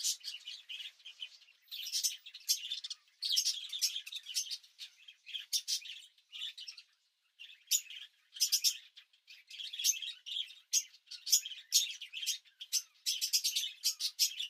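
Bird giving high, sharp chirps and tweets in irregular bursts, with a brief quiet gap partway through.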